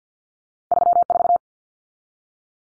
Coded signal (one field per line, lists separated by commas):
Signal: Morse code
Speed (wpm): 50 wpm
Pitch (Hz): 700 Hz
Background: none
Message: 34